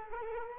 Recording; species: mosquito wingbeat signal from an infrared sensor; Culex quinquefasciatus